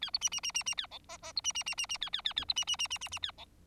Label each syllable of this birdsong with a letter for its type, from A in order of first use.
A B C C C C C A D E E B C C C C C A A A A B C C C C C C A D